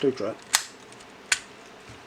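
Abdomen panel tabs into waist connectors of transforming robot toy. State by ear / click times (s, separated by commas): seated / 1.3 s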